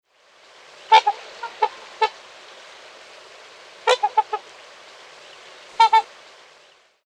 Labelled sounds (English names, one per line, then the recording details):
Trumpeter Swan
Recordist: Tembrock, Günter
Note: Lautfolgen